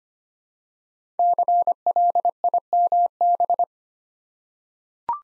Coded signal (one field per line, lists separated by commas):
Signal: Morse code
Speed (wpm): 25 wpm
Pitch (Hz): 700 Hz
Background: none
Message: CLIMB